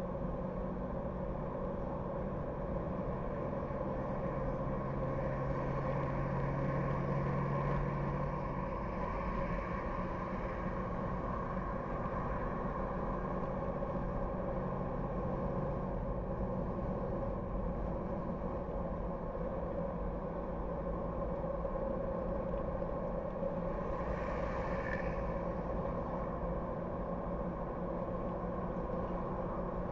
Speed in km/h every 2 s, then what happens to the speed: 64, 67, 69, 73, 74, 75, 77, 78, 78, 71, 70, 69, 70, 72, 74.
0-13 speeds up to 78. 16-20 slows to 70. 20-30 steady at about 70.